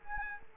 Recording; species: mosquito wingbeat signal from an infrared sensor; Culex quinquefasciatus